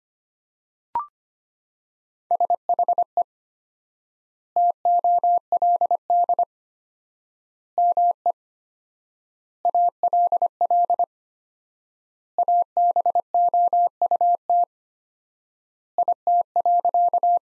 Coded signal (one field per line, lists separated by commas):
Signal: Morse code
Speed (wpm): 25 wpm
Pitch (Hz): 700 Hz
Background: none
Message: SHE TOLD ME ALL ABOUT IT.